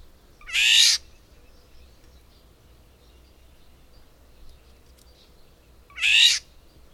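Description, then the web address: Bird giving two harsh, rasping screech-like bursts about five seconds apart, with quiet low background hiss between them. "madarak enek"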